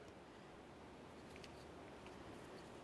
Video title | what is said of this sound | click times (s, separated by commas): How to Replace Ignition Coil Boot 2005-2010 Chevy Cobalt | just going to listen for a little click and i'm going to give it a nice tug i want to make sure that this is secure | 1.4 s